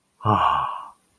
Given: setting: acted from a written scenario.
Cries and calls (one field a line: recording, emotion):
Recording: vocal sound without words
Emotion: pride